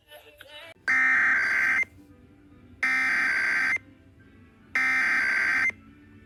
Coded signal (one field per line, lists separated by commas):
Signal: Emergency Alert System (SAME) tones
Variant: header bursts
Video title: EAS 6964-6986. EAS Alerts from the week of 1/12/25-1/18/25